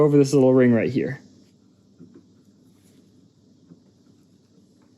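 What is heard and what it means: Someone talks briefly while an outer CV joint is worked over the retaining ring and lined up on the axle shaft splines, followed by a few faint, soft handling noises. Nothing has snapped or seated yet.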